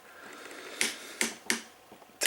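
A notched plastic limb connector of a TFC Toys Ares combining robot toy, in combined mode, is raised up and worked into its joint slot. Sharp plastic snaps ring out at about 0.8 s, 1.2 s, 1.5 s and 2.3 s. The part seats in the slot with snaps at 1.2 s and 1.5 s.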